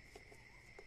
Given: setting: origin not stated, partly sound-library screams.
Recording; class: one-second piece from a danger detection set; normal situation